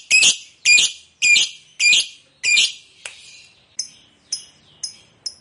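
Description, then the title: Lovebird uttering five loud rasping squawks in quick succession, followed by softer, thinner chips at a steady pace. Fighter lovebird, described as gacor, singing energetically. "Berkat SUARA Lovebird FIGHTER GACOR Ini"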